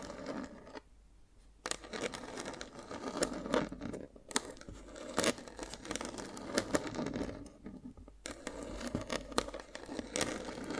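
Dalgona candy tapping and cracking: dense, uneven sharp clicks and scratchy taps throughout, with brief quieter pauses near one, four and eight seconds.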